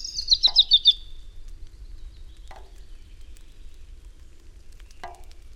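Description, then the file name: European robin giving a quick run of high, bright repeated notes at the start, followed by a few sharp clicks spaced apart in quiet surroundings. "Erithacus rubecula"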